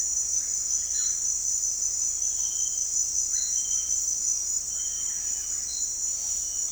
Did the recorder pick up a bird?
no